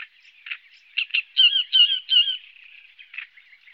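Great reed warbler song, a short run of harsh, grating croaks, three loudest notes repeated in quick succession, then softer chatter.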